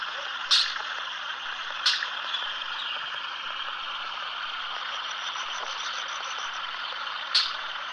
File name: White bearded Manakin